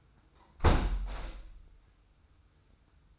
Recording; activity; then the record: daily activity, microphone in the room; close window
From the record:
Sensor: 2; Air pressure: 990.2 hPa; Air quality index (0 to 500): 193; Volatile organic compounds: 1000 ppm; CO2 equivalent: 6137 ppm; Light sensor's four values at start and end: 24/56/23/23 and 23/55/22/22